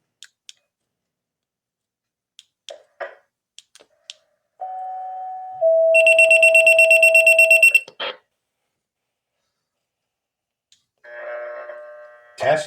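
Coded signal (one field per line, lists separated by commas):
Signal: two-tone page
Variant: stored voice mode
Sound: steady tone, then a slightly lower tone, then rapid high beeping for two seconds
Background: clicks and handling noise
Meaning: The tone drop alerts the pager, which then records the following voice message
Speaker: Nobody's bothering you. You're staying home and all of a sudden test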